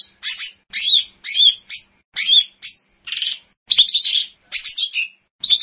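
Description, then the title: Bird song of brisk chirped and whistled notes in short separate bursts, including one harsher chattering phrase midway. "burung online"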